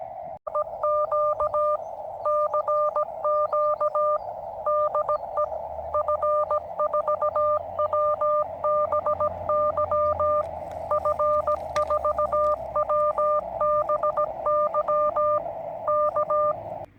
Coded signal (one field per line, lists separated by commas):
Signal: Morse code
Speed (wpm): 17 wpm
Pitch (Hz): 600 Hz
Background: none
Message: EQ CQ DE F4WBY F4WBY K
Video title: Julian's (OH8STN) Challenge And a Shortened 80m Vertical Antenna.